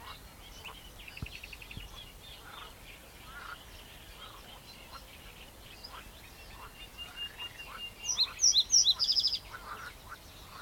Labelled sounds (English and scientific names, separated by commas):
Reed Bunting (Emberiza schoeniclus)